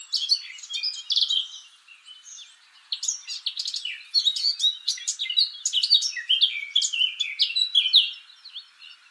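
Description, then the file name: Eurasian blackcap singing a rapid, jumbled warble of chirps and sharp slurred notes, quieter in the first few seconds, then louder and denser throughout. "Sylvia atricapilla"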